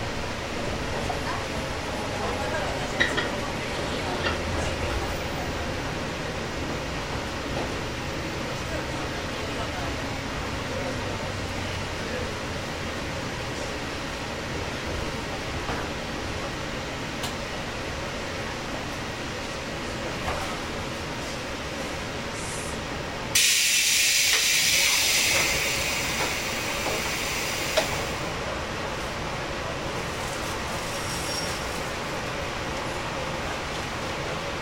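Steady low rumble of a Series 415 local train running, with faint clicks, and a sharp bright hiss bursting in around 23–27 seconds.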